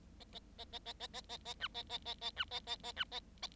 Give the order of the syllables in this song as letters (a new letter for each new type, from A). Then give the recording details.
A A A A A A A A A B A A A A B A A A B A A. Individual Bird7